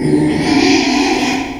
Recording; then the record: squeal of a Yucatan mini pig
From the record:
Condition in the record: after surgery on the right vocal fold (resection and tissue-engineered implant); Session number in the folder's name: 2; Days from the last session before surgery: 13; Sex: male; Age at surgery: 12 weeks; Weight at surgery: 13 kg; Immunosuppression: cyclosporine, prednisolone